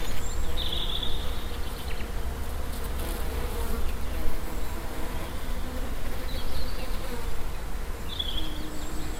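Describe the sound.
Bee buzzing with a steady low hum throughout, a few faint high bird chirps and a low rumbling background.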